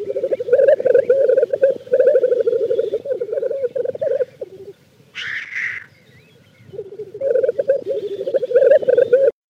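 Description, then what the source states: Black grouse lek: continuous low bubbling, rolling pulses, broken by a sharp hissing sneeze-like call before the bubbling resumes. Black grouse at a lek.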